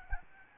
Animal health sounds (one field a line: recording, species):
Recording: mosquito wingbeat signal from an infrared sensor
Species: Aedes albopictus